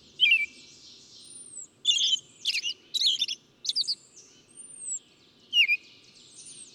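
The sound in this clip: Bird uttering a few harsh, bright chirps and twitters, joined by a few thin, long whistles that rise then fall.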